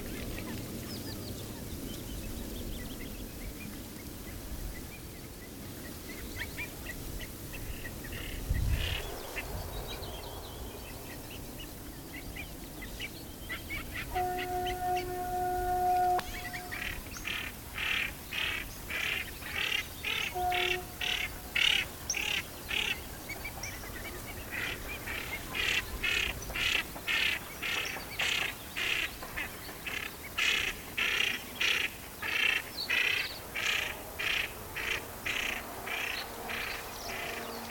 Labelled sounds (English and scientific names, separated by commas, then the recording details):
Common Pochard (Aythya ferina)
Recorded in the wild
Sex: group
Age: adult
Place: Karower Teiche, Naturpark Barnim, Berlin, DE
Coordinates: 52.6222, 13.4597
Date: 1985-04-21
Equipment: Nagra SN, Kopie Uher 4000 Report Monitor
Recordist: Tembrock, Günter